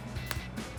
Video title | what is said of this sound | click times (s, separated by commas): Jeep Gladiator JT DV8 Offroad LED Headlights; Chrome Housing; Clear Lens Review & Install | Locks into place just like that. | 0.3 s